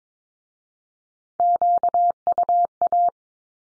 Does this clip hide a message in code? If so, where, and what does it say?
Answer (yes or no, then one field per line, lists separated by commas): yes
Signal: Morse code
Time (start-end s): 1.4-3.1 s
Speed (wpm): 22 wpm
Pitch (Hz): 700 Hz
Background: none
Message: QUA